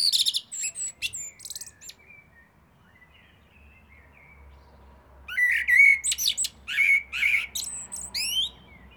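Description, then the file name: Common blackbird song: a burst of high scratchy twitters, a quiet pause with faint warbling, then a second phrase of rich fluty whistles ending in thin squeaky notes. "Turdus merula"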